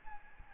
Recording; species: mosquito wingbeat signal from an infrared sensor; Aedes albopictus